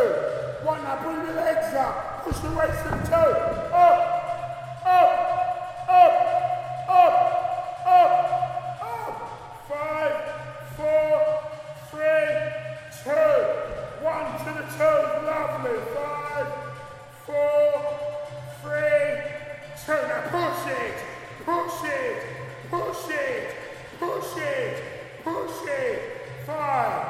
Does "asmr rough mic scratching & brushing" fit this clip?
no